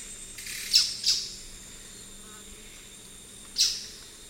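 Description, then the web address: Rufous-rumped foliage-gleaner calls: sharp, high, clipped notes, two in quick succession and a third after a pause of over two seconds, over a steady faint hiss. Recorded in the eastern lowlands of South America. "Natures Songs S America Eastern Lowlands. Rufous-rumped Foliage-gleaner"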